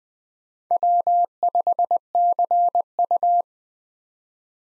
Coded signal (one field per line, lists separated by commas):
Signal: Morse code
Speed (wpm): 20 wpm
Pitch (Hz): 700 Hz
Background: none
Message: W5CU